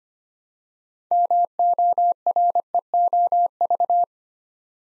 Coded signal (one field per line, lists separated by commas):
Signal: Morse code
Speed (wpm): 26 wpm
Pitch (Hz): 700 Hz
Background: none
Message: MOREOV